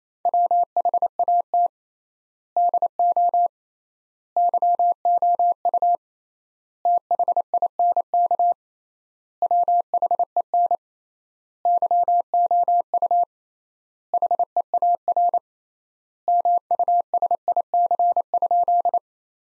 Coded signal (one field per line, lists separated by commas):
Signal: Morse code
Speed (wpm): 28 wpm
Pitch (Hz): 700 Hz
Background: none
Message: WHAT DO YOU THINK WHEN YOU HEAR MUSIC?